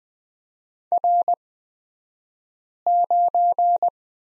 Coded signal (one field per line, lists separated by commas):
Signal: Morse code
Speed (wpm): 20 wpm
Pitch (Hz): 700 Hz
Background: none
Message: R9